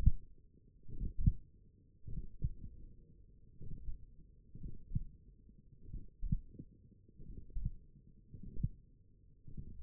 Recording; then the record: forearm muscle sounds (acoustic myography)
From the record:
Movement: tripod grip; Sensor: system 1, eight BSWA MPA416 microphones around the upper forearm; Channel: 4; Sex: male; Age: 42 years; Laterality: right